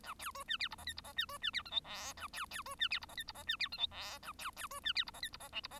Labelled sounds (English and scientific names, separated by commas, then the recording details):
Bengalese Finch (Lonchura striata domestica) song
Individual Bird1